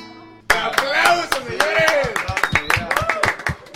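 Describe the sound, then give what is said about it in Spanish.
An audience breaks out in sudden applause after a singing performance, a loud burst of dense, uneven clapping that keeps going, mixed with voices shouting and cheering over it. “¡Aplausos, señores!”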